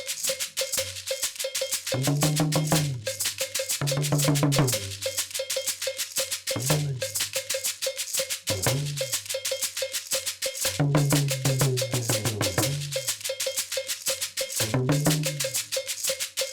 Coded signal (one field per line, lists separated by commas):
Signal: talking drum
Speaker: so let's say the chief wanted to call the people together for a town meeting he would say master drummers call the people for a meeting bring them to the center of the village and you might hear